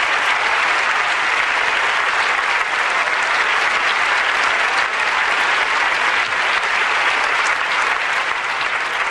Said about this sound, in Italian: Qui ci sono gli applausi naturalmente.